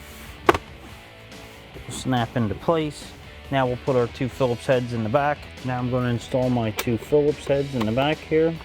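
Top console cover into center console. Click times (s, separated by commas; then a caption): 0.5 s. A plastic top console cover on a 2005-2010 Mustang GT is slid around the raised e-brake handle and pressed down into the center console, snapping into place with a sharp click at 0.5 s. Someone then talks about installing two Phillips screws in the back, and faint music plays underneath.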